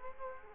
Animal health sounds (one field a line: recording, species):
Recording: mosquito wingbeat signal from an infrared sensor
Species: Culex quinquefasciatus